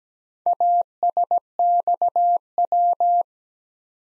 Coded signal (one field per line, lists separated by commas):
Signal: Morse code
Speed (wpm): 17 wpm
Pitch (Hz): 700 Hz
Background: none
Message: ASXW